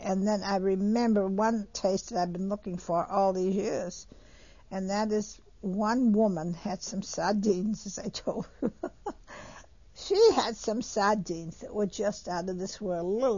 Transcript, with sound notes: And then I remember one taste that I've been looking for all theses years, and that is, one woman had some sardines, as I told you, (she laughs) she had some sardines that were just out of this world.